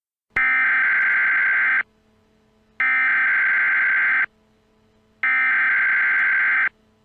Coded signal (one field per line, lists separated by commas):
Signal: Emergency Alert System (SAME) tones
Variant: header bursts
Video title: EAS | Nuclear Attack Scenario #5